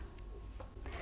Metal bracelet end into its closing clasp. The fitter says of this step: rotate, and snap back.